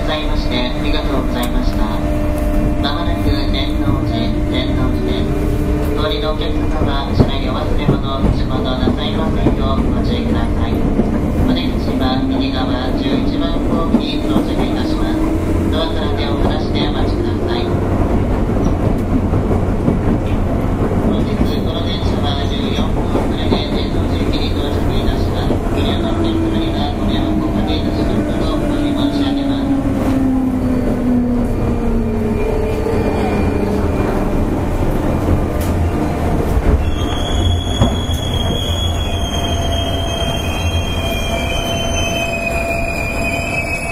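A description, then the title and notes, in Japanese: A JR 201-series electric train runs with a steady low rumble and rolling wheel noise throughout. Motor whines rise and fall in slow sweeps, with bright chirping tones at intervals and muffled voices; near the end a high squealing tone slides downward. JR201系電車 環状線内回り 大阪から天王寺まで。JR201系電車の走行音です。環状線 内回り列車にて収録。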